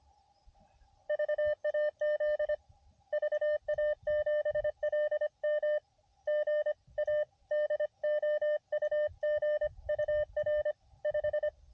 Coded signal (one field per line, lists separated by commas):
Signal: Morse code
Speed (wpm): 25 wpm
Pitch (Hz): 590 Hz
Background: none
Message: VAZ VA7LM GA DOUG UR 5